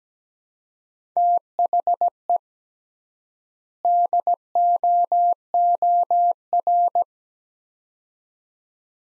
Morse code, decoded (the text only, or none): THE DOOR